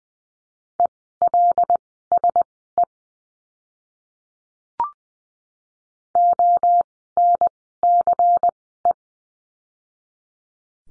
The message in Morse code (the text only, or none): ELSE ONCE